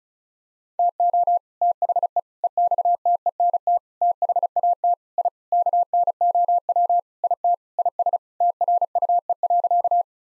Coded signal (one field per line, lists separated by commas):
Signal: Morse code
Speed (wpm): 34 wpm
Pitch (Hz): 700 Hz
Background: none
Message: TO THE EXTENT THAT I KNOW IT IS TRUE.